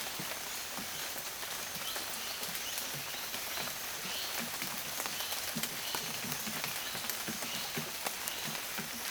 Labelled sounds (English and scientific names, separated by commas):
none